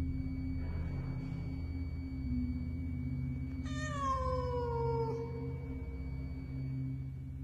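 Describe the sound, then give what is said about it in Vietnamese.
A black cat standing at an open window gives a single drawn-out yowl, rising then sliding slowly downward in pitch, eerie and wavering, heard over a steady low hum. “Nó đang kêu lên mấy tiếng rùng rợn và hướng đôi mắt vàng khè khè nhìn thẳng vào cái xác của ông Lạc”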